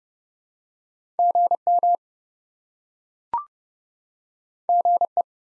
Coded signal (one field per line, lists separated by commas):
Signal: Morse code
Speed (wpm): 32 wpm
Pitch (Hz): 700 Hz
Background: none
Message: GM GE